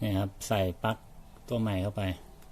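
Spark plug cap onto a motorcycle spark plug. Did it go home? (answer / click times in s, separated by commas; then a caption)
no / none. A rubber spark plug cap is pushed back onto a motorcycle's spark plug and pressed down while someone talks. A faint short tick comes at about 2.4 seconds, but nothing has seated or clicked yet.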